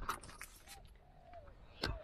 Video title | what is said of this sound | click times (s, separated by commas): Paano magpalit ng Cabin Air Filter ng sasakyan. - PINOY BUHAY AUSTRALIA | kapag narinig niyo yung click, okay na yon. | 0.1 s, 1.8 s